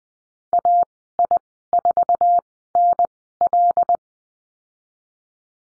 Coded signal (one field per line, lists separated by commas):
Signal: Morse code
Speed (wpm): 20 wpm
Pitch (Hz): 700 Hz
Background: none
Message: AI4NL